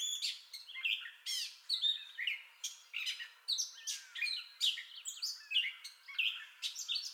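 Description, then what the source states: Gray catbird song of rough, nasal and whistled phrases in quick succession, each different from the last. Entire song bout, recorded 30 May 2021.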